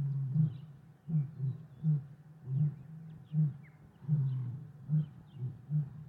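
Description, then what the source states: Lion grunts: short, low, pulsing grunts repeated steadily. In the savannah.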